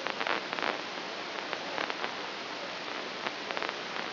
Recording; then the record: brain microelectrode recording played as sound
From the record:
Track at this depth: inside the subthalamic nucleus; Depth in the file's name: 2.523 mm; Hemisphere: right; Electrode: 2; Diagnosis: Parkinson's disease